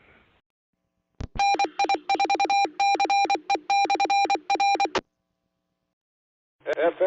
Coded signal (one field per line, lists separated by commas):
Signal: Morse code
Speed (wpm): 24 wpm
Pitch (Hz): 800 Hz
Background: none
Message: NI4CE/R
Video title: 🔴LIVE Ham Radio Scanner Feeds Across Florida | SARNet, Skywarn, NI4CE & More | Powered by QueCast